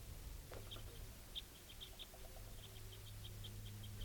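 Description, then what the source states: Red Crossbill calls: a series of short, sharp high chips in loose runs, fairly faint over a low steady hum. Unusual-sounding crossbills, thought to be type 4s, with juveniles, at a second locality around 9:40.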